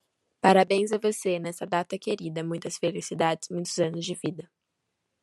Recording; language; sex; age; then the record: short text; Brazilian Portuguese; female; 18 to 19 years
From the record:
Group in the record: control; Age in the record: 19 years